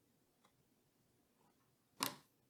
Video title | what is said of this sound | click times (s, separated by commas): HOW TO BUILD A PC FOR BEGINNERS - EPISODE 2 - THE MOTHERBOARD - RYZEN 5900X - NVME - RAM INSTALL - | It took a good bit of force, and you heard a click. You heard an obvious click and a crunch. | 2.0 s